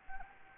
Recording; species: mosquito wingbeat signal from an infrared sensor; Anopheles gambiae